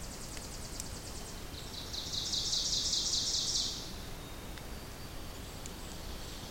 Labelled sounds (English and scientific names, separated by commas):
Ovenbird (Seiurus aurocapilla) song